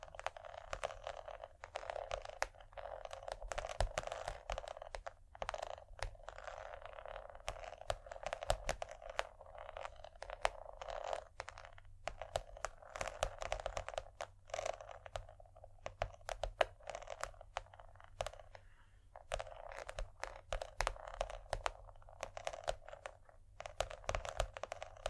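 Scratchy tapping runs through the whole stretch, a dense stream of quick irregular taps and scrapes with brief pauses now and then. The sound sits in a mid, slightly papery register, crinkly like a keyboard or crumpling material, over a faint low hum.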